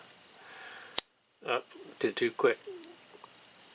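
A steel blade on a Game Winner yellow-scale folding pocket knife, sold by Sports Authority, is folded back into its plastic handle to find the snap point. It snaps shut with one loud, sharp click at 1.0 s, and the blade seats closed. Someone then talks.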